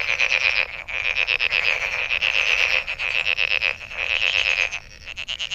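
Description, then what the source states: Frogs giving fast pulsed trills almost without pause, a near-continuous rattling chorus that dips briefly near the end. Recorded 23 May 2008.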